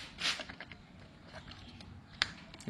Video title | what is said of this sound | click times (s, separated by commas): Mesin Tempel Yamaha 20PK Pasti Awet Lakukan Hal Berikut ini | bunyi tek Oke | 2.2 s